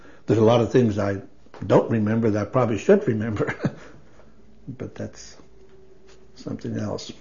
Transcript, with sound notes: There's a lot of thing I don't remember that I probably should remember, (laughs) but that's—something else.